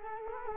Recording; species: mosquito wingbeat signal from an infrared sensor; Culex quinquefasciatus